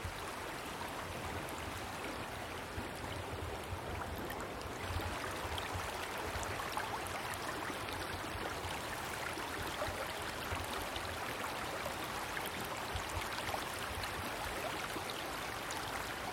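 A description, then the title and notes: Water runs steadily in a small stream, a dense, even rush with a faint bubbling texture and no pauses. The flow sits full through the low and middle range, with a slight swell around five seconds before settling back to the same level. Gentle Sound of Small Stream. Original sounds of the water running in a small stream. Bullough's Pond. Newton, MA.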